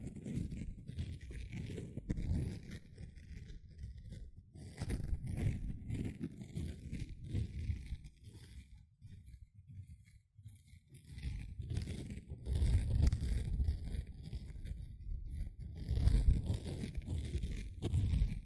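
A sponge is squished and scratched in repeated bursts, each a soft, low, muffled crunch with a faint hiss on top. The rubbing comes in uneven clusters of a second or two, with a quieter pause around the ten-second mark before it resumes more forcefully.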